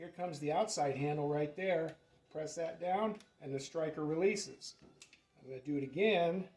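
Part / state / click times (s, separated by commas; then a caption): door striker into door lock latch / not seated / none. Someone talks while handling a new Saab door lock off the car: the outside handle is pressed down so the door striker releases from the latch, and the striker is about to be pushed back into the latch to repeat the demonstration. Nothing has seated or clicked yet.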